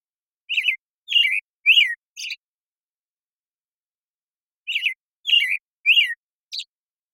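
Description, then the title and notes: American Robin song: four clear caroling phrases, a pause, then three more and a short high note, in a steady, unhurried rhythm. Morning song in a very long sequence, from the Pacific Northwest, Washington, United States; parabolic recording processed clean for clarity with natural pacing and rhythm kept. "BIRDSong Thrushes And Allies - American Robin Morning Song. American Robin, Turdus migratorius, morning song. Recorded in the beautiful Pacific Northwest, Washington, United States"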